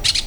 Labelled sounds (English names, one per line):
Brown-throated Parakeet contact call